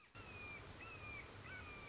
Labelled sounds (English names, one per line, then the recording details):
Red-shouldered Hawk
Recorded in Sonoma County, California